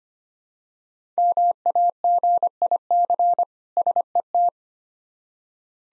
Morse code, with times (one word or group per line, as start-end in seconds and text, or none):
1.2-3.4 MAGIC
3.8-4.5 SET